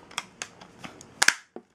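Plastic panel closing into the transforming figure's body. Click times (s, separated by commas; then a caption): 1.2 s, 1.3 s. A plastic panel on a Henkei Megatron transforming figure is closed up into the figure's body while it is being changed into gun mode, with a few small plastic taps and clicks along the way. Two sharp snaps at 1.2 and 1.3 seconds mark the panel seating firmly into place.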